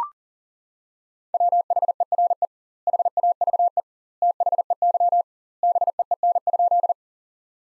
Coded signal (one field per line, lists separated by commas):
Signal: Morse code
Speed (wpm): 40 wpm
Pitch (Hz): 700 Hz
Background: none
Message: WHERE HAVE THEY BEEN?